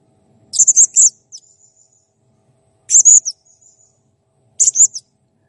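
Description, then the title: Blue-crowned hanging parrot calls: three clusters of very high, rapid squeaky notes, each about half a second long, separated by longer pauses. Clear, lively singing used to train other birds. "Masteran Burung Serindit Masteran Serindit Gacor Jernih"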